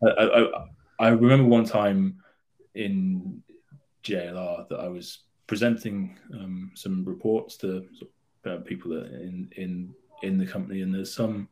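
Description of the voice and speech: Adult man speaking with a stammer: repeated words ("I, I, I", "in in in"), drawn-out sounds and frequent pauses while recalling presenting reports at work.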